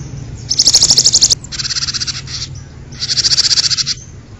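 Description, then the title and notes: Bird giving loud, dry, buzzy trills in three rattling bursts of about a second each, separated by short pauses, high in pitch over a low background hum. "Bird Sound. Kicau Burung Lengkap"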